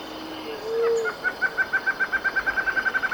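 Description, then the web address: Lined antshrike: a low steady whistle, then a series of about fifteen short notes on one pitch. Recorded in Ecuador. "S America Birds of Ecuador. Lined Antshrike"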